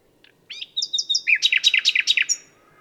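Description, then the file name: Common nightingale phrase: a brief warble, three clear high notes, then a rapid run of loud rich chirps. "Luscinia megarhynchos"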